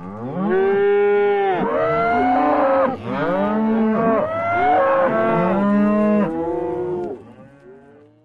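Cow lowing repeatedly, moos following one another about every second, fading out at the end.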